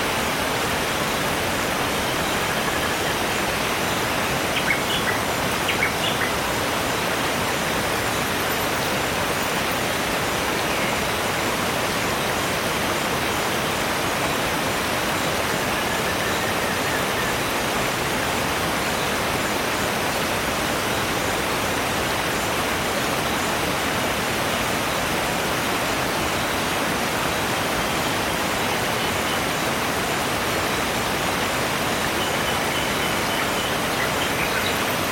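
A distant waterfall pours steadily in a forest at dusk, a dense, even rush that fills the lows through the highs without letting up. A few faint bird calls and chirps slip through near the start, and the sound otherwise holds unchanged.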